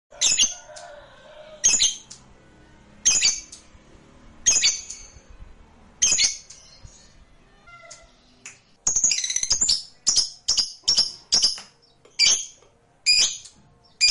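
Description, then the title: Lovebird chirps, sharp high squeaky bursts about every one and a half seconds, then quicker clusters of chirps toward the end. Played to stimulate a lazy lovebird that is reluctant to sing into spontaneous, eager singing. "LOVEBIRD Malas Bunyi JADI GREGET SPONTAN Langsung NARIK"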